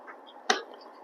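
A Dreame R10 cordless handheld vacuum body is set down into its mount and pressed lightly until it locks. A single sharp click sounds at 0.5 s against a quiet background, and the body is confirmed locked in its holder.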